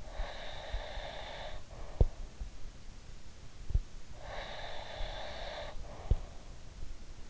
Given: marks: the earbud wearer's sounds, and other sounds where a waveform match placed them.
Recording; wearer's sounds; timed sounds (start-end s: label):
sounds in sleep by an in-ear microphone; breath
0.00-2.08 s: breath
4.22-6.92 s: breath